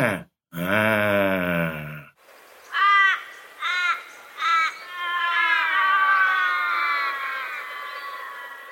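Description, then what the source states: Australian Raven wailing: three short, harsh, nasal notes, then a long drawn-out wail that trails away; a separate slurred wail comes first. Long, almost pained wail, usually in three or four notes; classic sound of the Australian landscape; likened to a surprise, a question, then the answer.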